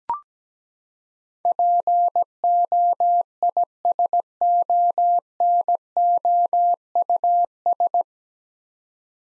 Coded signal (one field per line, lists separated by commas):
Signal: Morse code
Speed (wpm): 17 wpm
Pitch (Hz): 700 Hz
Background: none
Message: POISONOUS